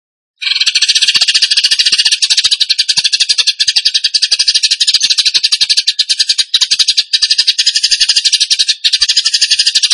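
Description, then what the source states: Bird song begins abruptly and runs as an almost unbroken stream of rapid, high, rattling notes for the rest. Bird song in the tembakan gacor style, used as masteran (training for other birds).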